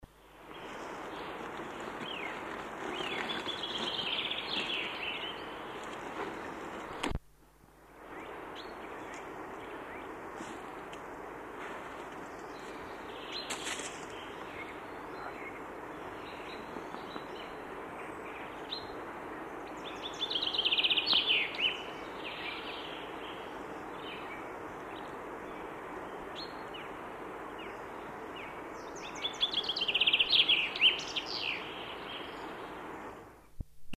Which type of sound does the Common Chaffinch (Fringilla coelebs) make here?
song